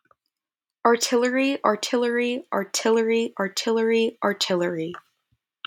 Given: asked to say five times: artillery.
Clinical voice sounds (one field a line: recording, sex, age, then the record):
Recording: repeated word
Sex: female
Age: 20 to 29 years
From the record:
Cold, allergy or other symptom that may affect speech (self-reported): no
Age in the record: 26 years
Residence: Florida, United States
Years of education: 19